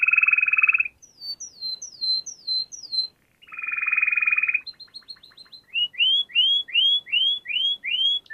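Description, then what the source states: Canary singing varied tours: a harsh low buzzing trill, a run of descending whistled slurs, the buzz again, then rising sweeping notes repeated about three times a second. Canary song for training other birds (masteran).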